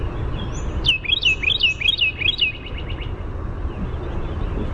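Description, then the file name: Carolina wren delivering one rapid series of about six loud, rolling phrases, with thin high notes of another bird before it and low steady background noise. "CARW song"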